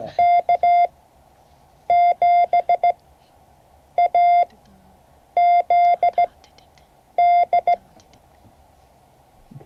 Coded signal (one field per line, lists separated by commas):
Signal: Morse code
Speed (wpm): 16 wpm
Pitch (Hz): 690 Hz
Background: none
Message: K7AZD